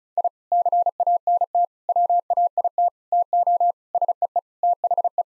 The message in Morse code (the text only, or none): I CANT WAIT TO SEE THE